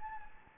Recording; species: mosquito wingbeat signal from an infrared sensor; Anopheles gambiae